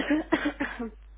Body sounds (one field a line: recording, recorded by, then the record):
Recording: voluntary cough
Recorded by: telephone call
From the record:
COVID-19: positive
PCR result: self-reported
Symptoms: yes